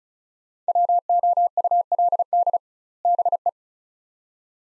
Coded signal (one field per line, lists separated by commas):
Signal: Morse code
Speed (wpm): 36 wpm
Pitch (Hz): 700 Hz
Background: none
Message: WOULD BE